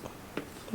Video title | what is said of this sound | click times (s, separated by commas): (Grit Shift) Sur Ron Headlight Switch Installation & Review | Nice little click. | 0.4 s